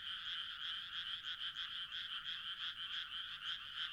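Frogs croaking steadily, the raspy pulses repeating about three times a second without pause.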